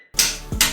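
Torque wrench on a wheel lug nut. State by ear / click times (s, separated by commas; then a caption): torque reached / 0.2 s, 0.6 s. A torque wrench tightens a wheel lug nut and reaches its setting on the third lug nut. Two sharp metallic clicks sound at 0.2 s and 0.6 s, each with a bright high-frequency burst. The wrench confirms the third lug nut is torqued.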